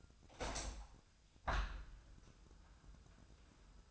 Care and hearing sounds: daily activity, microphone in the room; open window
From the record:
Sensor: 2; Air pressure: 1004.5 hPa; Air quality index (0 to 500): 117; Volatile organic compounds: 3 ppm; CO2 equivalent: 1416 ppm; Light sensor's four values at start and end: 6/14/5/6 and 6/14/6/6

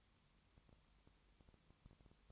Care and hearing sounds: daily activity, microphone in the room; no activity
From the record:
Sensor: 3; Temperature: 21.1 degrees Celsius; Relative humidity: 37.0%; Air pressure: 1010.6 hPa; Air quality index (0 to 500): 204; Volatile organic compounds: 31 ppm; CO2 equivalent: 2980 ppm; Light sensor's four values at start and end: 2/3/2/2 and 2/3/2/2

